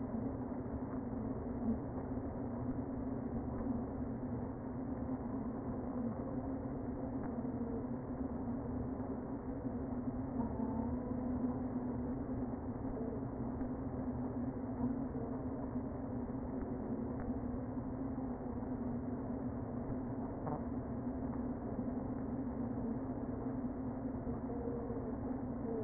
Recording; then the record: honeybee colony, microphone inside the hive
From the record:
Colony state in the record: queen present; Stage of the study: before two queens were removed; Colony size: about 60,000 bees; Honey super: yes